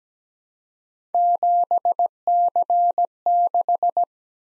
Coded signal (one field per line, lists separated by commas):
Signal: Morse code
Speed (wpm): 17 wpm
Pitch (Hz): 700 Hz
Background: none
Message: 7C6